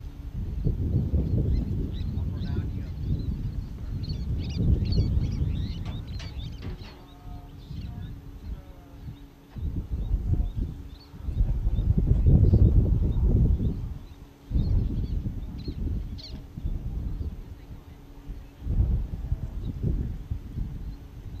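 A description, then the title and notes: Least terns call in short, high, scratchy chirps that come in scattered bursts, busiest around the first third and again near the end. Heavy low gusts of wind roar in and out underneath, swelling and fading every few seconds and often covering the birds. Interior Least Tern Mating Behavior.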